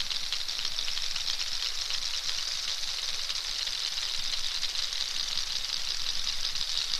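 Narwhal clicks pouring out as a continuous crackling rattle from start to finish.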